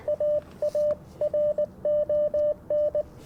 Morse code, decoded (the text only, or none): AARON